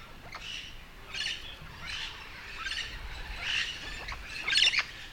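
Yellow-shouldered parrot calls: a run of rough, scratchy squawks roughly once a second, soft at first and growing louder toward the end.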